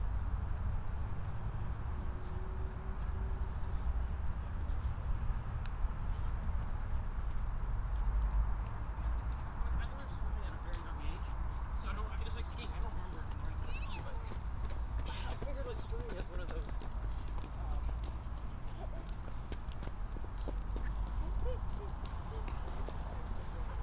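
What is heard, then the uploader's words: Sitting beside the Thames river path, a steady low rumble of traffic and city hum fills the scene. Muffled voices drift past, and from about ten seconds on, scattered footsteps and small clicking sounds come and go. A binaural field recording of sitting near the Thames River path. I was walking from High Holborn to Greenwich and stopped for a rest.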